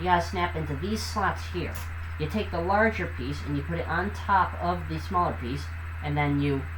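Someone talks while handling a larger hinged plastic toy piece, placing it on top of a smaller piece so its hinges can be pressed into the smaller piece's slots. A steady low hum runs underneath the voice. Nothing has seated or clicked yet.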